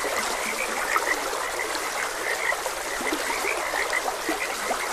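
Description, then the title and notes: A steady frog chorus of bright croaks with occasional deeper calls, heard over a continuous gentle stream. Frogs croaking beside a gentle stream. "Gentle Stream and Frogs Croaking - Calming Sounds of Nature. Sleep and Relaxation Podcast"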